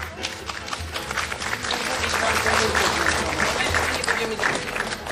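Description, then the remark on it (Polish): An audience breaks into sustained applause at the Trójka Górą festival of Polish Radio Program Three, a dense, steady crackle of many hands clapping that holds at an even loudness for several seconds, with faint voices mixed underneath. “bardzo proszę, wielkie brawa.”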